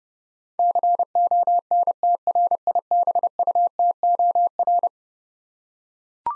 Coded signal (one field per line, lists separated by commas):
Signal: Morse code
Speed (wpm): 30 wpm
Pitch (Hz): 700 Hz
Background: none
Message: CONTRIBUTOR